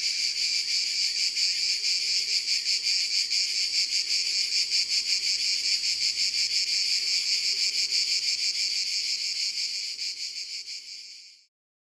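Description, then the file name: Cicada song, a continuous high, pulsing buzz that runs steadily for about eleven seconds before stopping. "Les cigales"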